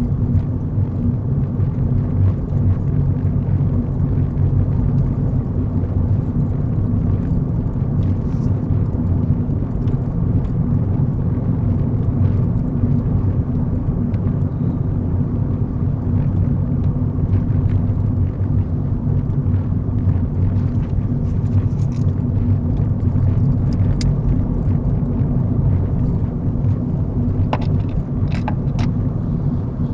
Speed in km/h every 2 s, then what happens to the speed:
39, 42, 42, 42, 44, 44, 44, 40, 39, 37, 40, 42, 42, 42, 44.
0-12 steady at about 42. 12-19 slows to 37. 19-30 speeds up to 44.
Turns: none.